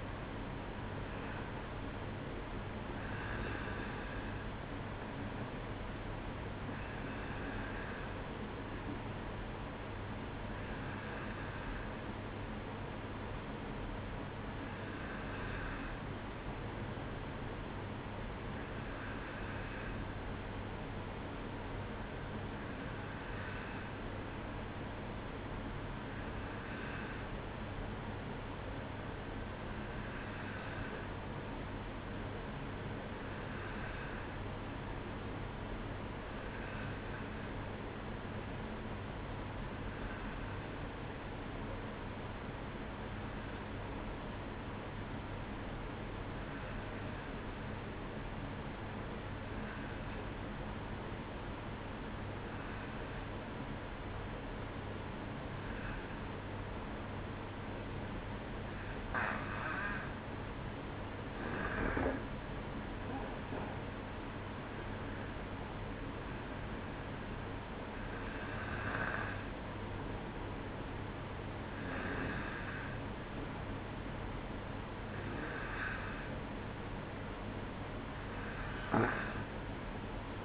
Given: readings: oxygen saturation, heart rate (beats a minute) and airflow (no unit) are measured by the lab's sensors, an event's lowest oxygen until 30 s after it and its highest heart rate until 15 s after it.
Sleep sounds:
breathing in sleep by a voice recorder at the bedside; 1
12.00-72.00 s: new sleep stage, N2 (light sleep)
21.00-59.50 s: hypopnea (N2, oxygen 94% highest, then 91% lowest, heart rate 57 at the start, 62 highest)
72.00-80.45 s: new sleep stage, N1 (lightest sleep)
From the record:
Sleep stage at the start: N1 (lightest sleep); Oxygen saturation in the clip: 91 to 94%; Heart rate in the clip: 57 to 62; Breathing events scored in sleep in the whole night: 305 in 9.6 hours asleep

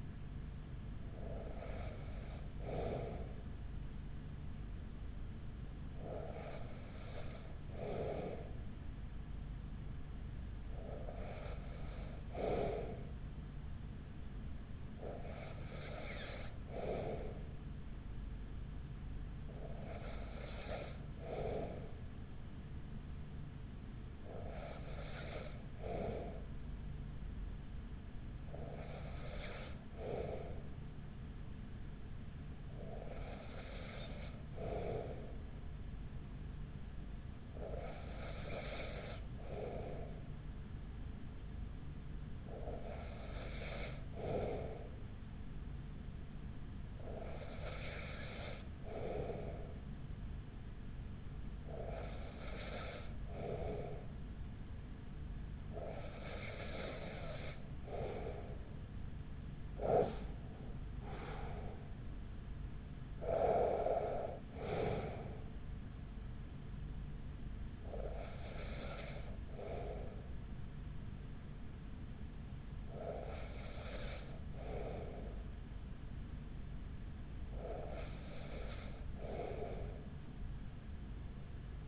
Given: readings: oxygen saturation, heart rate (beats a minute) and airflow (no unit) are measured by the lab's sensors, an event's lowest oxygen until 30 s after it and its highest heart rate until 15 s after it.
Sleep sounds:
breathing in sleep by a smartphone at the bedside; 1
40.00-61.30 s: hypopnea (N2, oxygen 94% highest, then 94% lowest, heart rate 39 at the start, 47 highest)
From the record:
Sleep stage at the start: N2 (light sleep); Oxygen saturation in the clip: 94 to 95%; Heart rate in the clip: 37 to 47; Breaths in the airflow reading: 18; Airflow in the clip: -6.8 to 7.1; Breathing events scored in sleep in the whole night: 207 in 7.6 hours asleep

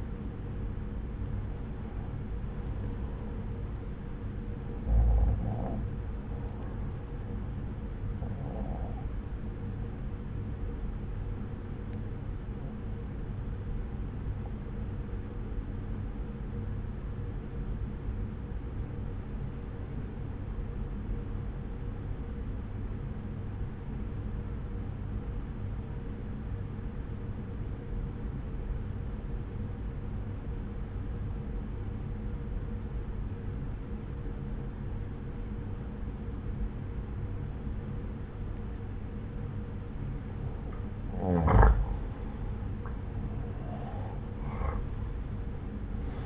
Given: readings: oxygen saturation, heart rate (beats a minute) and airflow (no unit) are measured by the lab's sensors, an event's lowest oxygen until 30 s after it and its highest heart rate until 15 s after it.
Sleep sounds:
breathing in sleep by a smartphone at the bedside; 1
7.00-46.26 s: new sleep stage, N1 (lightest sleep)
14.00-41.20 s: obstructive apnea (N1, oxygen 95% highest, then 85% lowest, heart rate 61 at the start, 69 highest)
From the record:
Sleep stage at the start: N2 (light sleep); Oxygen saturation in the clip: 85 to 95%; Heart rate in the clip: 60 to 69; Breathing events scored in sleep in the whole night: 303 in 8.1 hours asleep

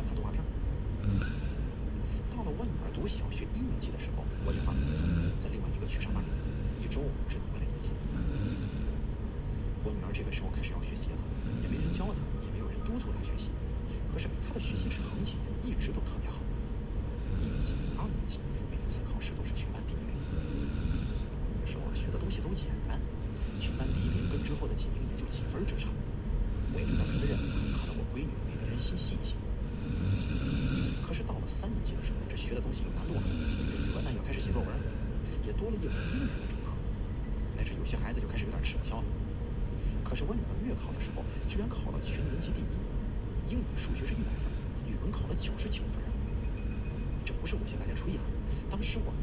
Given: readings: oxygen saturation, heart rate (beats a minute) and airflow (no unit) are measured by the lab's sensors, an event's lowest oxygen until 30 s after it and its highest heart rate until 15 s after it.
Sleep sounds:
breathing in sleep by a smartphone at the bedside; 1
8.00-33.20 s: hypopnea (N2, oxygen 95% highest, then 92% lowest)
27.00-49.22 s: new sleep stage, N1 (lightest sleep)
From the record:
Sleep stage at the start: N2 (light sleep); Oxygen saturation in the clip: 92 to 95%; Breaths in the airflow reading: 16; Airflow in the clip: -2.4 to 4.3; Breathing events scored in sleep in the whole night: 335 in 6.7 hours asleep

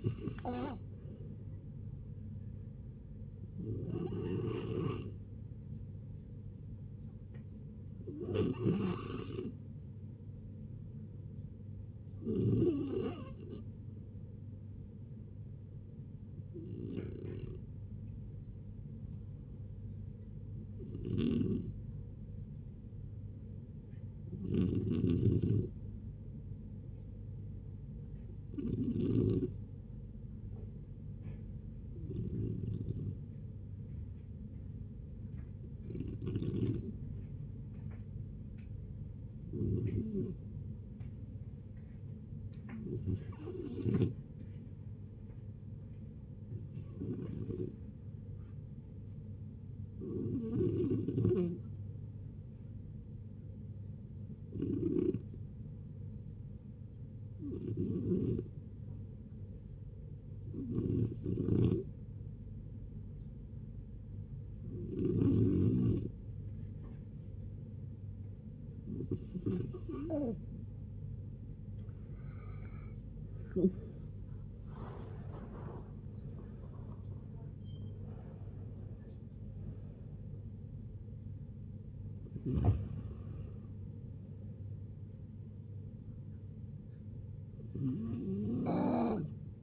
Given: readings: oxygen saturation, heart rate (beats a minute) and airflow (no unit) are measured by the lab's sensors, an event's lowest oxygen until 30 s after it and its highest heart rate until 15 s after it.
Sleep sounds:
a person awake in a sleep study, by a smartphone at the bedside; none
0.00-89.63 s: awake
0.00-89.63 s: awake
From the record:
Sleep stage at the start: awake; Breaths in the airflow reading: 29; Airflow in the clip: -0.8 to 0.8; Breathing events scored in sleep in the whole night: 496 in 5.4 hours asleep

